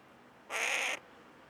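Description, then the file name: Carrion crow calling once, a rasping, grating caw of about half a second with an even tone, otherwise near silence. "Corvus corone"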